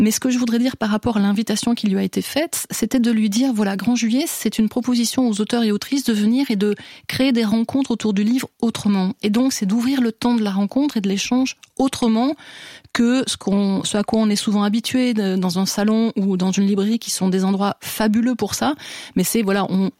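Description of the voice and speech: A woman speaks fluent, conversational French in a radio interview, with steady voicing and brief natural pauses.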